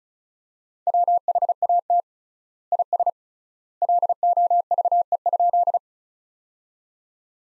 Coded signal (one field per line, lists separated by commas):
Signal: Morse code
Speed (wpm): 35 wpm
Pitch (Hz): 700 Hz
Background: none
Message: WHAT IS LOVE?